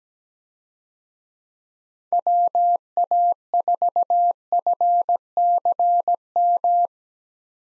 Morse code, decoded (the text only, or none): WA4FCM